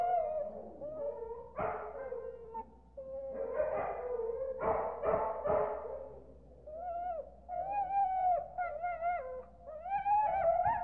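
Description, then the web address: Dog alternating short bursts of barking with high, wavering whines and yelps, the whines rising and falling in pitch. "собаки"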